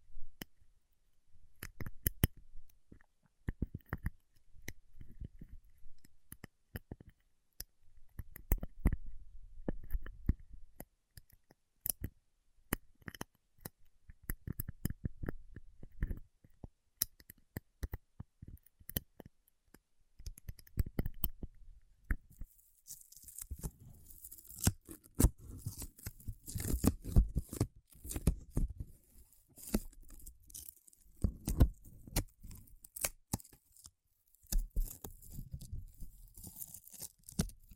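Paraffin wax being peeled, tapped and scratched in dense bursts of crisp clicks and rasps, with a steady bright hiss beneath the second half.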